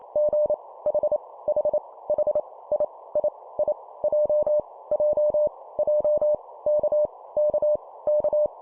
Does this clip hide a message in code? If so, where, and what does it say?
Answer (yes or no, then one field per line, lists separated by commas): yes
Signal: Morse code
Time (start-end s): 0.2-8.5 s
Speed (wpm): 28 wpm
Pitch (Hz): 600 Hz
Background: none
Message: G H H H I I I J J J K K K